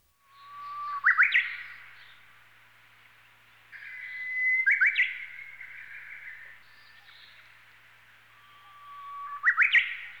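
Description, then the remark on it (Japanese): A Japanese bush warbler sings three times, each song a long, steady whistled note that breaks into a quick, bright, rising flourish, with short pauses between songs and no other sounds. “おいおい、今度はウグイスかよ。”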